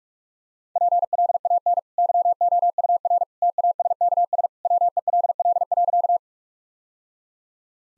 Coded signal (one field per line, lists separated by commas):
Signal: Morse code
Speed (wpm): 43 wpm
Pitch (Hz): 700 Hz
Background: none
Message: PLAN YOUR TASKS WELL.